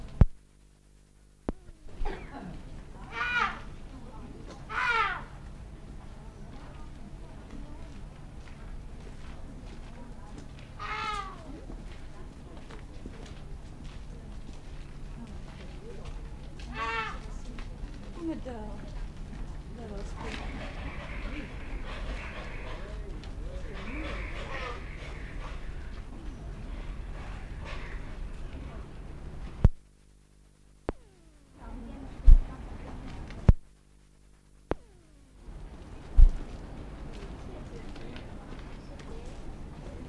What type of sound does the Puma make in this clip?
call